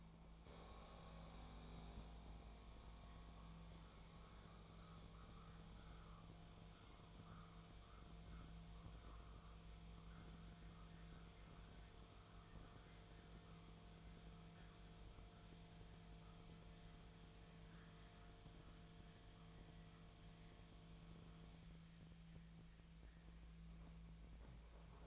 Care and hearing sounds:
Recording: daily activity, microphone in the room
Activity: make coffee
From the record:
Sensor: 1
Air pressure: 1000.4 hPa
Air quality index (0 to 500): 151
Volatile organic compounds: 3 ppm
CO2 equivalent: 1414 ppm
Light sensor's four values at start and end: 31/77/33/39 and 31/77/33/39

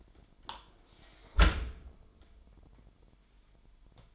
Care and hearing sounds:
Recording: daily activity, microphone in the room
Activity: close dishwasher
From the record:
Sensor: 5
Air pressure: 998.4 hPa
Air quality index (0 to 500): 83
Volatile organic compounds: 1 ppm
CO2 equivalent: 943 ppm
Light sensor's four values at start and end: 21/48/20/22 and 21/48/20/23

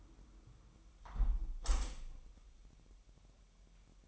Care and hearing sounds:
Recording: daily activity, microphone in the room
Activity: close window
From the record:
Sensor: 1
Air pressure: 1000.1 hPa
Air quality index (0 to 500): 241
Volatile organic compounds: 122 ppm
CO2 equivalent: 3885 ppm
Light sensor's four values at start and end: 11/26/10/11 and 11/26/10/11

